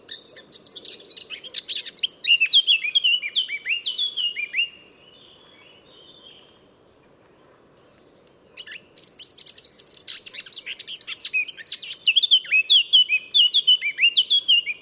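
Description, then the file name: Eurasian blackcap song: a scratchy warble ending in clear whistles, a quiet pause of several seconds, then a second busy warble with fluty closing notes. "Sylvia atricapilla"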